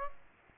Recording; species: mosquito wingbeat signal from an infrared sensor; Aedes aegypti